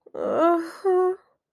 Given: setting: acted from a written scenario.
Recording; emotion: vocal sound without words; guilt